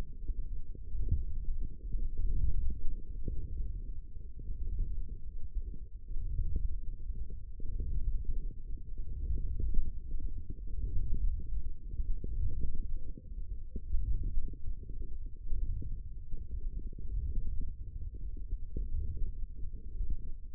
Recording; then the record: forearm muscle sounds (acoustic myography)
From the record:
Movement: wrist flexion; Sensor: system 1, eight BSWA MPA416 microphones around the upper forearm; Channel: 3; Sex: male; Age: 23 years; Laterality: right